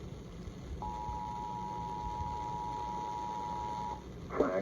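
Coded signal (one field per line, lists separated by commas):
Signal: Emergency Alert System (SAME) tones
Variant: 853 and 960 Hz attention tone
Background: speech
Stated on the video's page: Alerts received on AM radio.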